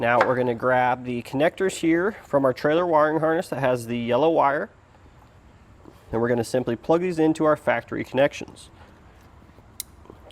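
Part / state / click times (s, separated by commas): trailer wiring T-connector into vehicle factory wiring connector / seated / 9.8 s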